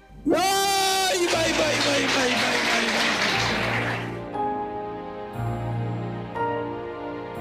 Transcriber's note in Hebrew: מחיאות כפיים